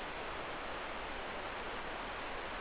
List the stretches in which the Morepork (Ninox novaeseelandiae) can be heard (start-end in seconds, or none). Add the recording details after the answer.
none. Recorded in New Zealand. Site Eglinton